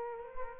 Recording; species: mosquito wingbeat signal from an infrared sensor; Aedes aegypti